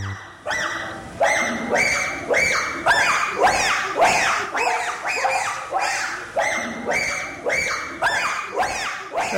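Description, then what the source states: Bonobo calling, high shrieking hoots repeated rapidly, nearly two each second. A bonobo summoning the rest of the gang together.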